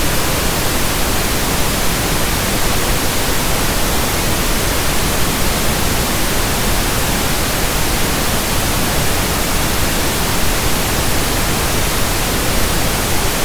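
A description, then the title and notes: Pink noise hisses steadily and evenly for the whole stretch, a dense, unchanging rush with a soft low rumble beneath the bright hiss. Pink Noise Sound.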